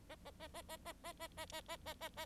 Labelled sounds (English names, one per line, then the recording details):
Bengalese Finch song
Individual Bird4